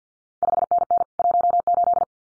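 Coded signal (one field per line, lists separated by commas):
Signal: Morse code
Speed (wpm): 50 wpm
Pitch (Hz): 700 Hz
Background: none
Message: 5NN 18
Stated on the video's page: Randomly selected CQ World Wide contest exchanges sent at 50 wpm for head-copy practice, each sent in Morse, then spoken, then sent again.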